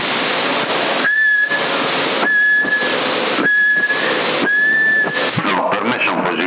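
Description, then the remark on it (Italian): Four short, steady whistled notes at a fairly high pitch, evenly spaced, whistled into a CB radio microphone in Sassari in December 2020 to test signal peaks, each cutting through a loud, band-limited radio hiss that surges between them. “Prova a fischia.”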